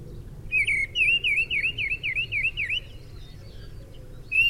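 Mistle thrush song phrase: a quick run of several repeated, dipping whistled notes followed by a pause, with faint high thin notes and low background rumble.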